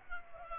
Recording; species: mosquito wingbeat signal from an infrared sensor; Culex pipiens